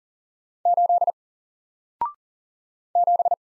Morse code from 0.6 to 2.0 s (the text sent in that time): 8